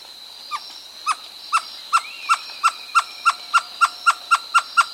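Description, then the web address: Great antshrike call: a series of clear, hollow notes that starts slowly and speeds up. South America. "Natures Songs S America Great Antshrike"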